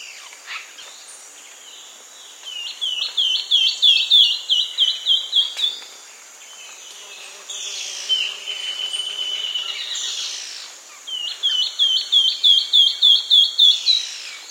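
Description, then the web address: Long-winged antwren song, two fast runs of sharp chevron-shaped whistled notes, with a long level whistled note between them. South America. "Natures Songs S America Long-Winged Antwren"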